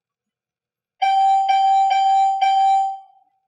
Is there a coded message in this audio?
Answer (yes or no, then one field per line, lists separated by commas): no